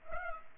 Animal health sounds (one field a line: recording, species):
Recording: mosquito wingbeat signal from an infrared sensor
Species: Culex pipiens